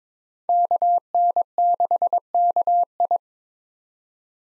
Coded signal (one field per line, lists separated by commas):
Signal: Morse code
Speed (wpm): 21 wpm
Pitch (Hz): 700 Hz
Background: none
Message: KN6KI